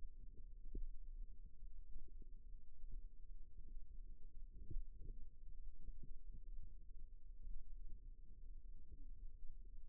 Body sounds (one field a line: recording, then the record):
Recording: forearm muscle sounds (acoustic myography)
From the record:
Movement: rest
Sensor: system 2, bracelet of six BSWA MPA416 microphones around the upper forearm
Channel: 4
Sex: male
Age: 22 years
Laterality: right